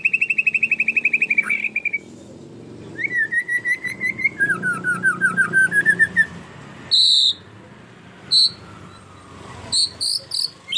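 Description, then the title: Canary song: a fast buzzy trill, then short slurred whistled notes and rapid rattling phrases, broken by pauses and sharp high bursts near the end. Long-duration canary song used as a master (tutor) for training songbirds. "Kicauan Kenari Durasi Panjang"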